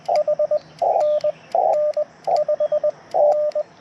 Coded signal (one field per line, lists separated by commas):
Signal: Morse code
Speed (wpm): 20 wpm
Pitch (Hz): 600 Hz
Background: radio noise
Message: HNN 5N